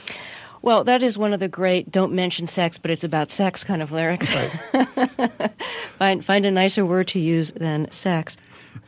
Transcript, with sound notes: Well, that is one of the great don't mention sex, but it's about sex kind of lyrics.
Right.
(Laughter) Find a nicer word to use than sex.